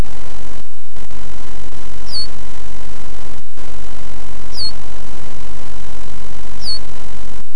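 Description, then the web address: Bird calls: three brief, high, downward-slurring notes a couple of seconds apart over constant background hiss. Western Australia; the "Teer" call. "timbillo bird songs of WA calls Teer call New York"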